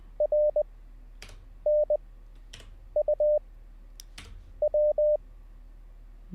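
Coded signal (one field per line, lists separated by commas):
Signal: Morse code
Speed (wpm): 20 wpm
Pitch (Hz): 600 Hz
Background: none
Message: RNUW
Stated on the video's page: Live Morse code learning session, beginner CW practice.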